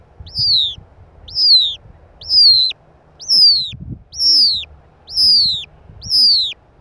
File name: Noble snipe